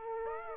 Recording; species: mosquito wingbeat signal from an infrared sensor; Aedes aegypti